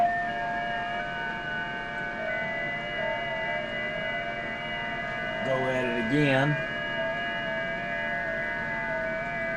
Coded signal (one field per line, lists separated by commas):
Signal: FT8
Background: speech